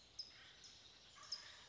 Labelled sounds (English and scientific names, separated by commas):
California Towhee (Melozone crissalis)